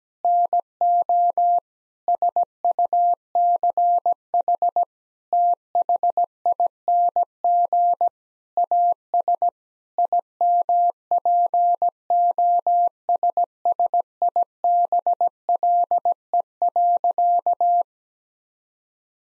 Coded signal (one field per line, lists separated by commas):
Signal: Morse code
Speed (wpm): 17 wpm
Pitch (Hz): 700 Hz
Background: none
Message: NO SUCH THING AS IMPOSSIBLE.